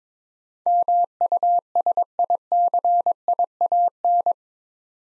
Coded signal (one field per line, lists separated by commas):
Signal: Morse code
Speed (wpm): 22 wpm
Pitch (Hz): 700 Hz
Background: none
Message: MUSICIAN